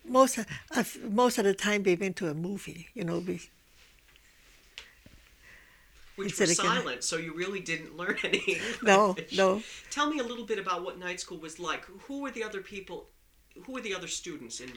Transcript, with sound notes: Most, most of the time we went to a movie, you know.
It was silent, so you really didn't learn any English. ( she laughs )
No, no.
Tell me a little bit about what night school was like. Who were the other people, who were the other students in that...